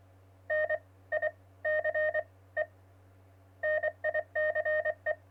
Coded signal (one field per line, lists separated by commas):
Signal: Morse code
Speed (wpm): 24 wpm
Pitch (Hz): 620 Hz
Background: none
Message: NICE NICE